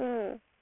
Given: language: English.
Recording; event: throat vibration sensor signal played as sound; speech